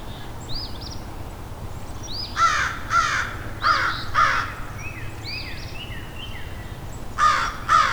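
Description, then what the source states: American Crow caws, harsh loud calls in pairs, repeated three times, with other high bird notes in the background. A full murder of wild crows landing and perching right above the recordist, calling agitatedly; the cause of their excitement is not seen.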